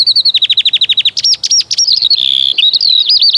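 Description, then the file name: Eurasian skylark song: rapid, high, liquid trills and twittering notes pouring out without pause, shifting between buzzy pulses and clear whistles. "Skowronek"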